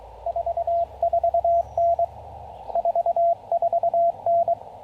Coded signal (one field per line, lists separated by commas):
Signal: Morse code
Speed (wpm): 20 wpm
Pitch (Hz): 680 Hz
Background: radio noise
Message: 44N 44N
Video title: Pairing the FT-818 and the SpoolTenna For Some QRP POTA Fun!